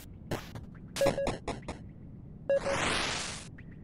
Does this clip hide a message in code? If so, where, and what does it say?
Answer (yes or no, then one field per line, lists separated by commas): no